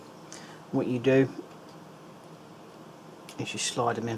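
A plastic strap link of a Suunto Ambit 2 HR chest strap is slid onto the heart rate sensor pod while someone talks, with faint handling ticks around 0.3 and 3.3 seconds. The clip ends before the link goes home, so nothing has seated or clicked yet.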